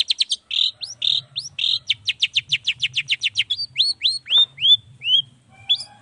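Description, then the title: Long-tailed shrike singing a rapid series of rising, sweeping notes that slow into longer upslurred whistles, with a low rumble beneath. Chatty morning song with varied notes, played to stir quiet shrikes into singing. "Cendet Gacor Dor Di Kala Pagi Toet Toet Variasi Suara. Cendet Gacor Di Pagi Hari Rangsangan Emosi Cendet Malas Bunyi Supaya Secepatnya Ikutan Bunyi"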